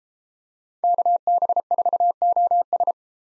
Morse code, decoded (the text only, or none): KB4OS